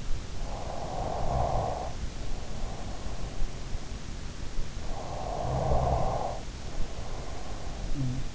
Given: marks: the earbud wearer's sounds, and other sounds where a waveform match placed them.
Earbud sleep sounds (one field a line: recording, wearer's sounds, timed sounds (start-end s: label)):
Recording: sounds in sleep by an in-ear microphone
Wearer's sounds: snoring breath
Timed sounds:
0.00-3.77 s: snoring breath
4.30-8.17 s: snoring breath